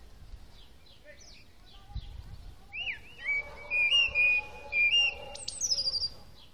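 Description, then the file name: Common blackbird singing, a few faint notes and then a clear series of fluty, level whistles that closes with a sharp, high-pitched twitter. "Turdus merula"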